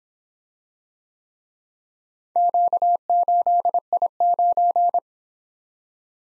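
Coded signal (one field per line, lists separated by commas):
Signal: Morse code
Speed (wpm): 27 wpm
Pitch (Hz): 700 Hz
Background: none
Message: Q8I9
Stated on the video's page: Morse practice of four-character letter-number groups, speed-racing format starting fast and slowing to 22 wpm base; fastest 1.5 times slowest, final repeat at maximum speed.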